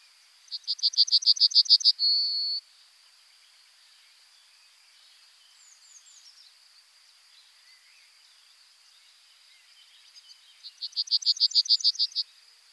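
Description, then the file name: Bunting song twice: first a fast run of repeated high notes closing with a long held note, then after a pause another quick run of repeated notes. "bruant"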